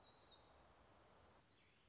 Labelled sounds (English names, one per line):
Black-throated Gray Warbler